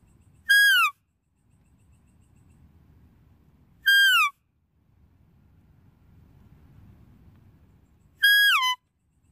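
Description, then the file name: Deer giving loud, harmonic, whistle-like calls that hold steady and then drop at the end, three calls about four seconds apart over a faint low rumble. "Tieng con nai keu"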